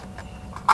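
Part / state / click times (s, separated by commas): plastic retaining clip onto replacement infotainment screen post / not seated / none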